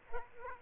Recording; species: mosquito wingbeat signal from an infrared sensor; Aedes aegypti